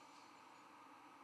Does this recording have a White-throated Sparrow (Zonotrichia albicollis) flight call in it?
no